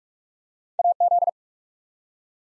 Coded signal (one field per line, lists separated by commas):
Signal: Morse code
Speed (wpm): 42 wpm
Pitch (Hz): 700 Hz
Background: none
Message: AZ